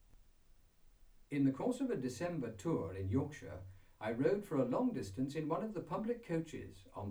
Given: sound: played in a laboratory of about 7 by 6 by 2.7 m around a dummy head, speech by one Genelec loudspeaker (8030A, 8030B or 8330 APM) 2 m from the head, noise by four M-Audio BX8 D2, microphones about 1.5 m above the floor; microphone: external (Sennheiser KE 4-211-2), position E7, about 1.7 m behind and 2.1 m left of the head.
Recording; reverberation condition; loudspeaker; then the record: male speech in English; low; 90 degrees to the right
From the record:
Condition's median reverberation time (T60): about 310 ms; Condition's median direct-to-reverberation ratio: about 3.5 dB